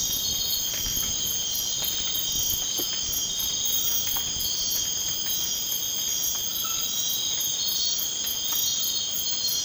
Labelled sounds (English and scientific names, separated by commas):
none